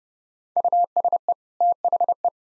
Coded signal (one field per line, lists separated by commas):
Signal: Morse code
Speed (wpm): 30 wpm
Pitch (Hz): 700 Hz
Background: none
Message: USE THE